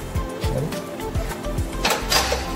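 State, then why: Seated. A battery is lifted into its mount on a Ryvid electric motorcycle, and the red safety handle latch on the mount goes up and then back down. It clicks into place at 1.8 s over a steady background of low hum and music, seating the battery.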